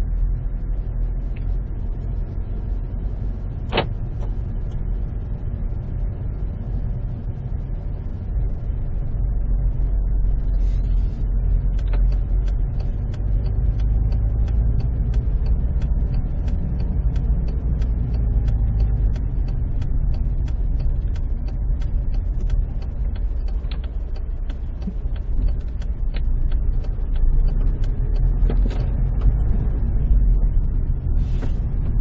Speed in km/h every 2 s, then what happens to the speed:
12, 12, 12, 13, 12, 13, 15, 16, 14, 12, 10, 6, 6, 10, 15, 18.
0-15 steady at about 12. 15-21 slows to 6. 24-32 speeds up to 18.